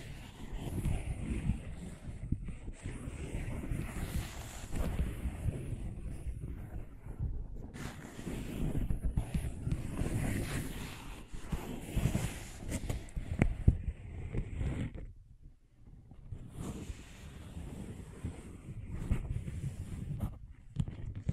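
Scratching and tracing make a dense, rough rubbing texture, heavy in the low end with scraping strokes flaring brighter now and then. The motion runs almost continuously, easing briefly near 2.5 and 7.5 seconds and dropping away around 15 seconds before resuming.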